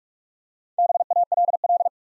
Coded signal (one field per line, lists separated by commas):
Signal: Morse code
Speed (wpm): 44 wpm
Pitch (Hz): 700 Hz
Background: none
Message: BALL